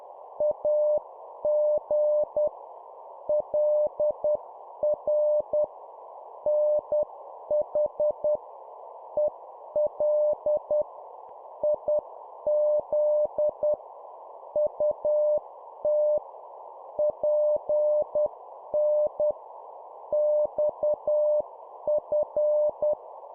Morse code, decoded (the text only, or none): AG LR NH EL IZ UT PN XF